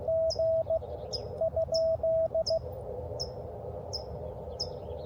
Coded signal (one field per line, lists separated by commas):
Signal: Morse code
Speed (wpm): 16 wpm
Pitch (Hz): 650 Hz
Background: none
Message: G ?